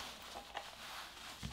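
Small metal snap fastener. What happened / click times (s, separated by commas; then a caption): The metal snap half pressed into place / 0.6 s. The bottom half of a metal magnetic bag snap is pushed down, cap side up, through the fabric and backing of a bag pocket flap. A sharp, short hit comes at 0.6 s, and the snap half is seated in place. A faint low thump follows near the end.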